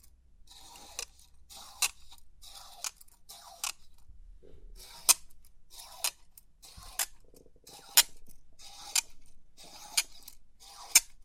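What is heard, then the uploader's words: Crisp pin art sounds arrive as sharp, bright clicks and rustles at a fairly regular pace, roughly one every second. Each burst is brief with a faint shimmering tail, and a soft low hum sits underneath throughout. Crisp 3D Pin Art Tingles(No Talking).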